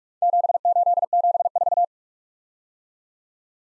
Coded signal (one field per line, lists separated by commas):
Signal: Morse code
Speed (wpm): 50 wpm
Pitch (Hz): 700 Hz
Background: none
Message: 7874